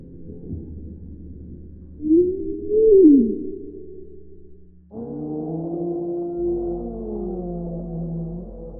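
Whale call, a low moaning tone sweeping up and then down, followed by several sustained overlapping tonal moans.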